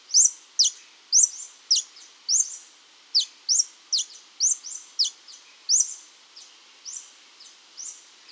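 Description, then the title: Scale-throated hermit calling: thin, very high squeaks dropping sharply in pitch, repeated many times throughout. Nominate subspecies Phaethornis eurynome eurynome. "LuckyPassaro Completos2Sama. Scale-throated Hermit (Phaethornis eurynome eurynome)"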